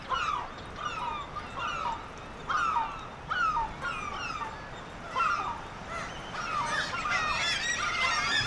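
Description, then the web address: Black-legged kittiwake calls, repeated nasal two-part wails about once a second, growing denser and higher toward the end as more birds join. "sound Black-legged-kittiwake. صدای-پرنده-کاکایی-پاسیاه"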